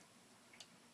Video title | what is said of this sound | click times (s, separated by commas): Fixing Bad Switches on Vintage Japanese Guitars (Teisco, Kawai, Guyatone, Ibanez) | there yep snaps right into place on our little dimple that we created | 0.6 s